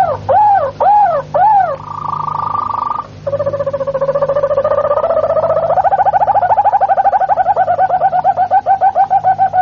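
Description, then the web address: Harz Roller canary song: three arched low whistles, a steady piping tone, then a long buzzing roll that turns into a quick, rippling trill; low hum throughout. "canarios cantoharz"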